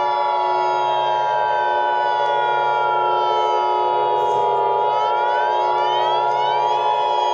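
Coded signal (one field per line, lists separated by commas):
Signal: Emergency Alert System (SAME) tones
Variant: 853 and 960 Hz attention tone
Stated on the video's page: Fictional EAS scenario, simulated.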